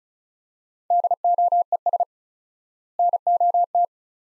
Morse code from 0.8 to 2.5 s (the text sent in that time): DOES